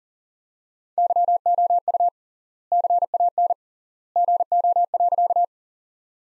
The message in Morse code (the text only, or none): YOU CAN GO.